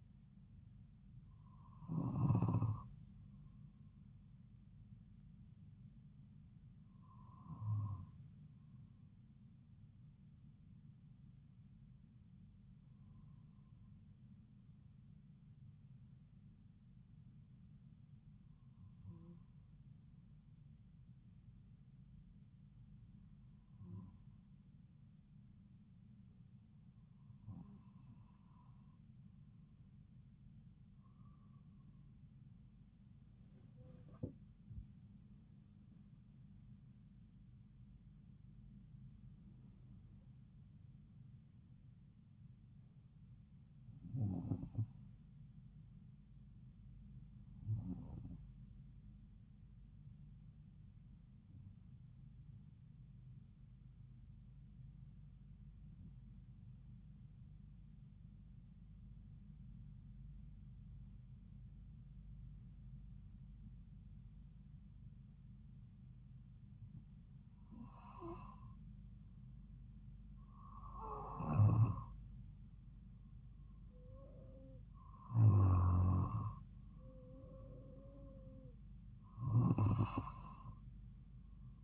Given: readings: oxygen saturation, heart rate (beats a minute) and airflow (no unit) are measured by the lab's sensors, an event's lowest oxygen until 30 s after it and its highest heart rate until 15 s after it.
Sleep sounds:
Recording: breathing in sleep by a smartphone at the bedside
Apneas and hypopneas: 2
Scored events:
14.00-35.50 s: hypopnea (N2, oxygen 95% highest, then 93% lowest)
33.00-63.00 s: new sleep stage, N1 (lightest sleep)
51.00-72.90 s: hypopnea (N1, oxygen 95% highest, then 91% lowest)
63.00-81.84 s: new sleep stage, N2 (light sleep)
From the record:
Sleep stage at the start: N2 (light sleep)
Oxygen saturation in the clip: 92 to 95%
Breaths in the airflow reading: 19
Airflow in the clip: -4.3 to 6.3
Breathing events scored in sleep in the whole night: 270 in 6.1 hours asleep

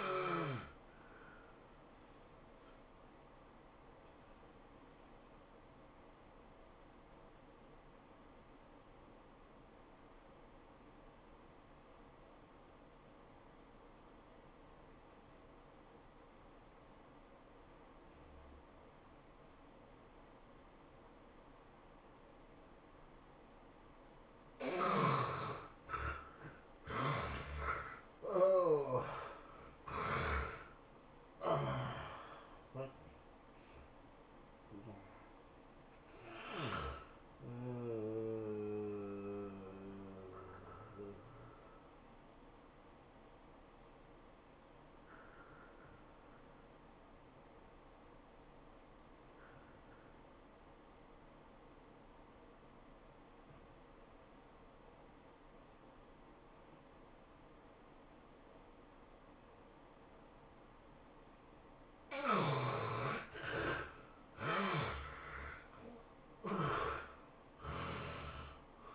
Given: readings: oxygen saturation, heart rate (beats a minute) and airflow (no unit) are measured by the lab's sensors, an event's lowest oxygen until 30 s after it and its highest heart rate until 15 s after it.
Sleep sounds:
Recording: breathing in sleep by a voice recorder at the bedside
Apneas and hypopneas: 2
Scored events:
4.00-26.70 s: obstructive apnea (N2, oxygen 91% highest, then 73% lowest, heart rate 100 at the start, 108 highest)
40.00-62.30 s: obstructive apnea (N2, oxygen 97% highest, then 72% lowest, heart rate 104 at the start, 109 highest)
From the record:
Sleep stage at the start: N2 (light sleep)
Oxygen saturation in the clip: 71 to 97%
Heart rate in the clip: 83 to 110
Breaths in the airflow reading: 9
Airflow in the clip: -19.8 to 17.5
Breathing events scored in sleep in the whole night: 403 in 5.5 hours asleep

